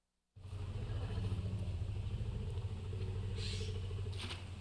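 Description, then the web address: Lion threat growl: a deep, rumbling, continuous growl starting abruptly and holding steady, with faint hissy breaths near the end. Threatening sounds of a lion, filed among jungle sounds. "Urwald drohlaute eines löwen"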